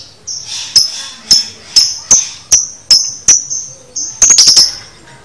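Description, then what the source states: Lovebird giving a steady, rapid series of sharp ticking chirps, each with a thin high tail, ending in a fast stuttering burst. Training recording (masteran) of a lovebird in the konslet chatter style, used to teach birds to chatter.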